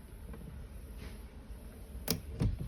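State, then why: Seated. On a Jayco Expanda Outback Poptop 17 56 caravan, with its four locks undone, the side window is pushed outward on its stay arms over a low background rumble. The window stay clicks softly at 0.3 s and then sharply at 2.1 s as it locks into its open setting. The two clicks mean the window is seated open.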